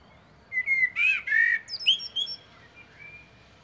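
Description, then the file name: Common blackbird song with a whistled note, two rich warbles, then thin high squeaky twitters fading out. "Turdus merula"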